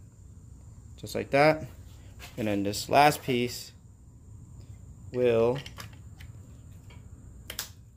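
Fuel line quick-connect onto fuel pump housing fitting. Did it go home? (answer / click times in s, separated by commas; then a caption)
yes / 7.5 s, 7.6 s. Someone talks while the last piece of the fuel feed line, a plastic quick-connect fitting, is pushed onto the fitting on a modified RSX fuel pump housing for a fuel return setup. Sharp clicks are heard at 7.5 and 7.6 seconds as the quick-connect seats, completing the new feed line.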